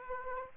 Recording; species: mosquito wingbeat signal from an infrared sensor; Aedes aegypti